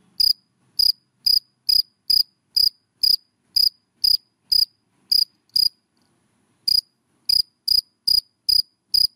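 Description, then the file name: Cricket song of crisp high chirps, roughly two per second, broken by a gap of about a second before resuming. Crickets calling, given by the Vietnamese names dế mèn, dế cơm and dế than. "Tieng de men de com de than keu"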